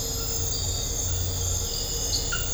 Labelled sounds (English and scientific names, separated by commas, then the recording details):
none
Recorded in dense forest near Puerto Asís, Putumayo, Colombia, on 4 March 2025 at 02:00
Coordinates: 0.468, -76.322
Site GP01